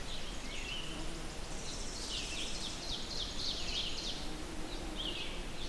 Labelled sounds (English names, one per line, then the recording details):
Ovenbird song
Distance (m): 85 m
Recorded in boreal forest in Alberta, Canada, on 4 June 2016 at 08:41
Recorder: SongMeter 3, array SBT-3-51
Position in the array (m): 264 m, 116 m
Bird 28